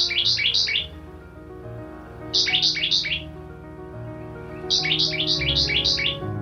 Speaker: Here's one of the spring songs of the oak titmouse.